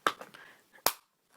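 A small gray plastic stand ring is fitted onto a Grabbit Case (Imp37b) for an iPad 2: one side is hooked in, then the other side is pushed in. Two sharp plastic snaps ring out at 0.1 s and 0.9 s, with faint handling noise between them. The ring is seated on the case.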